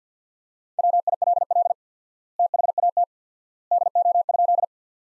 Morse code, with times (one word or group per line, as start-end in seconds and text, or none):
0.8-1.7 WILL
2.4-3.0 THAT
3.7-4.6 DO?